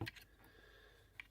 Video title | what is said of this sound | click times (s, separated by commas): Revell 1/24 Corvette C7.R Part 2 | they're locked into place and they are now level | 0.1 s, 1.2 s